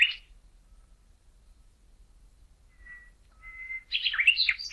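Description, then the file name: Common nightingale song: a brief burst, then a few soft, pure whistled tones, breaking into a fast, varied burst of chirps at the end. "Luscinia megarhynchos"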